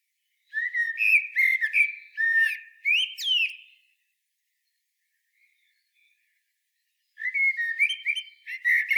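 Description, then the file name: Common blackbird singing mellow fluted warbles mixed with thin high twitters, a long phrase, a silent pause, then another phrase begins. "Turdus merula"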